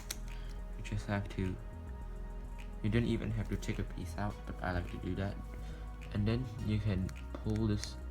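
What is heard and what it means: Someone talks over music while handling the magnet-strength adjuster on a plastic speedcube, beginning to pull it toward the lower magnet setting without taking a piece out. Only faint handling sounds are heard under the music; nothing has clicked or seated yet.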